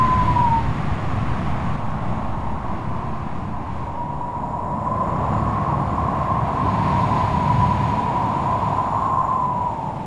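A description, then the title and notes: Stormy wind roars steadily, a dense low rumble that barely lets up across the whole stretch. A thin whistling tone rides above it, fading early on, then returning from the middle onward and wavering slightly in pitch. Loudness swells gently toward the end. The stormy wind play outside.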